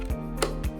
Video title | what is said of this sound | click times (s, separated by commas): US200 Quick Start Guide | snapping into place and you are now ready to go | 0.4 s